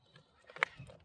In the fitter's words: You can hear it click away at some point.